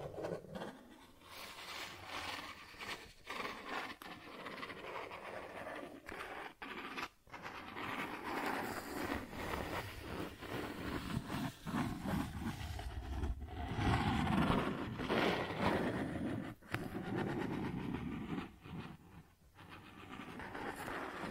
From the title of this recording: Cardboard Scratching, Tracing, Tearing